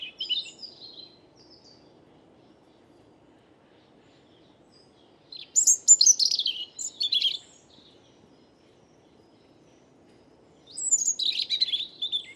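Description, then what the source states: European robin song: three bursts of high, thin warbling notes, separated by quiet pauses of several seconds. First autumn song of the season; Bois de Vincennes; calm, windless, cloudless morning, 30 September 2018; Nagra recorder with mono parabolic microphone.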